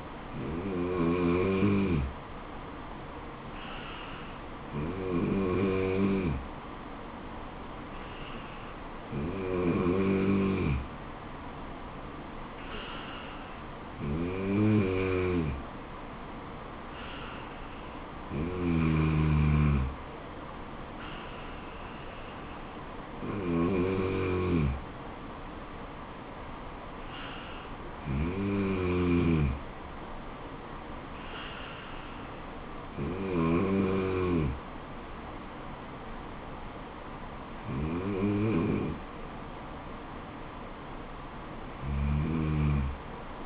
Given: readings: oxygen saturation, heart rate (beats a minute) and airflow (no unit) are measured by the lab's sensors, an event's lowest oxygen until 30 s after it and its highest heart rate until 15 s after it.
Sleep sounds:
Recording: breathing in sleep by a voice recorder at the bedside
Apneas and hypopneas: none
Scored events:
28.00-43.46 s: new sleep stage, N3 (deep sleep)
From the record:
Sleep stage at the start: N2 (light sleep)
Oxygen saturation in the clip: 93 to 95%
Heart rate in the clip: 67 to 75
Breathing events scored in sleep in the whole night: 426 in 7.4 hours asleep

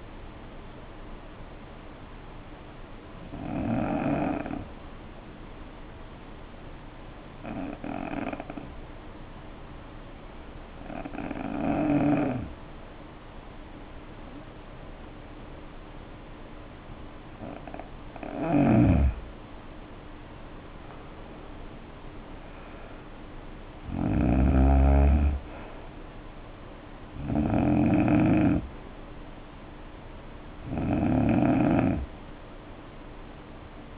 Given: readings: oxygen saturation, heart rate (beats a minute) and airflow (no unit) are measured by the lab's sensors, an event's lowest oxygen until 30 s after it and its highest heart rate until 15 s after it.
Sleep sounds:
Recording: breathing in sleep by a voice recorder at the bedside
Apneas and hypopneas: 1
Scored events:
3.00-19.70 s: hypopnea (N2, oxygen 95% highest, then 81% lowest, heart rate 62 at the start, 74 highest)
From the record:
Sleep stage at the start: N2 (light sleep)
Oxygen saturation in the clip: 82 to 95%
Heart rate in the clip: 59 to 74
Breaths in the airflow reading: 8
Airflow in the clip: -8.1 to 5.6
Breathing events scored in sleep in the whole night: 520 in 7.2 hours asleep

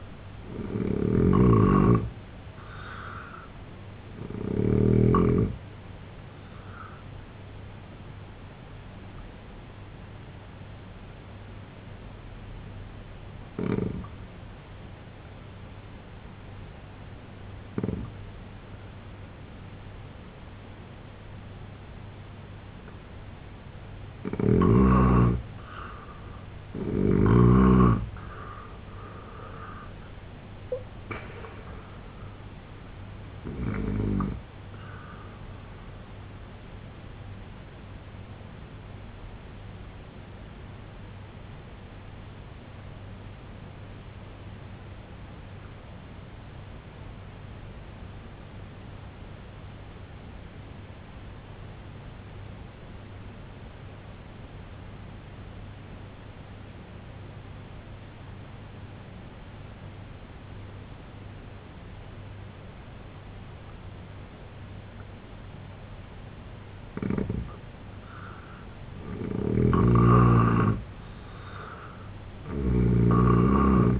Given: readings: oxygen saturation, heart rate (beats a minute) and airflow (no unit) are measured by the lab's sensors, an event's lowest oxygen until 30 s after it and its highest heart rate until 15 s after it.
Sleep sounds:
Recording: breathing in sleep by a voice recorder at the bedside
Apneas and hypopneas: 2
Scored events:
6.00-25.90 s: hypopnea (N2, oxygen 90% highest, then 82% lowest, heart rate 79 at the start, 95 highest)
18.00-48.00 s: new sleep stage, N1 (lightest sleep)
45.00-68.00 s: obstructive apnea (N1, oxygen 94% highest, then 80% lowest, heart rate 62 at the start, 85 highest)
48.00-74.00 s: new sleep stage, N2 (light sleep)
From the record:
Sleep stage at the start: N2 (light sleep)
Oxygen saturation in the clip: 82 to 94%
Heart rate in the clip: 62 to 95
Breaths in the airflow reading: 8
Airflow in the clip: -15.0 to 8.3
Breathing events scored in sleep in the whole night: 258 in 7.4 hours asleep

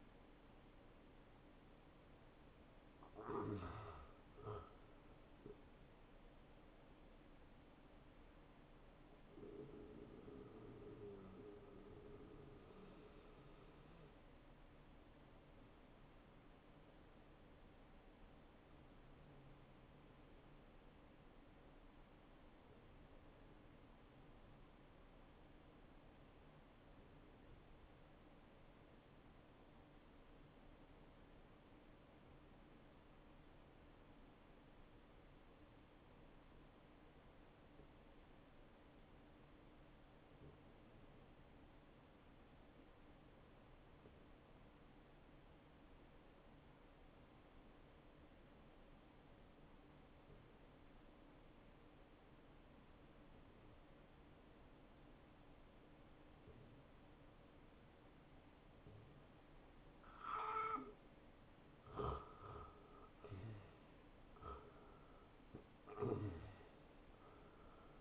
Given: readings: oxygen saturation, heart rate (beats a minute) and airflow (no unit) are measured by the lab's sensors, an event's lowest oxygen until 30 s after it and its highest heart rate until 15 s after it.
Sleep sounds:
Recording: breathing in sleep by a voice recorder at the bedside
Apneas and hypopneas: 1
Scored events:
25.00-60.20 s: obstructive apnea (N1, oxygen 96% highest, then 87% lowest, heart rate 69 at the start, 79 highest)
29.00-59.00 s: new sleep stage, N2 (light sleep)
59.00-68.01 s: new sleep stage, N1 (lightest sleep)
From the record:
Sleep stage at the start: N1 (lightest sleep)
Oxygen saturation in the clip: 82 to 96%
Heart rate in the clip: 56 to 82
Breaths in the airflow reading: 7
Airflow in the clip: -14.9 to 8.5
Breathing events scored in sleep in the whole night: 263 in 5.5 hours asleep

